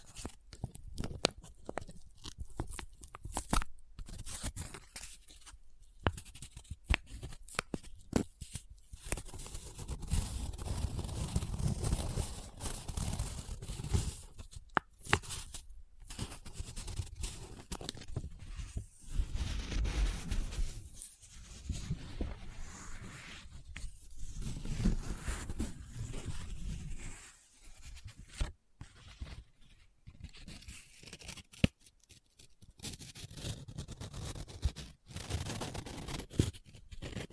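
Paper being handled close up: crinkling, rubbing and scratching in uneven bursts, with short dry rustles packed densely through the middle. Brief silent gaps break the sound, especially early and near the end, and the handling swells in heavier stretches around 10–14 and 20–26 seconds.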